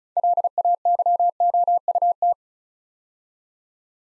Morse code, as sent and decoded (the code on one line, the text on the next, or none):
.-.. .- -.-- --- ..- -
LAYOUT